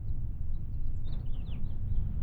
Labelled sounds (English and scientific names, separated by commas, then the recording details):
House Finch (Haemorhous mexicanus) song
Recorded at WGilgo Beach on Long Island, New York, on 22 May 1975
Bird F